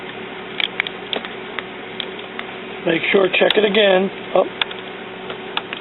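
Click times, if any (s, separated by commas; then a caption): 5.6 s. On an Epson WorkForce WF-2540/WF-2530/WF-2520 fitted with a CIS (continuous ink system) with COC Smart Chip Technology, a refillable ink cartridge that was not fully seated is pressed on recheck. After several short, sharp ticks early on and someone talking, it clicks into the plastic inkjet printer carriage at 5.6 s. The cartridge is confirmed seated.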